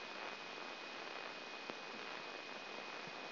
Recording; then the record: brain microelectrode recording played as sound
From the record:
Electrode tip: inside the subthalamic nucleus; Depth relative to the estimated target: 1 mm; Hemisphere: left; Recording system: AlphaMap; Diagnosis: Parkinson's disease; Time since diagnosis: 14 years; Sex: male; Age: 56 years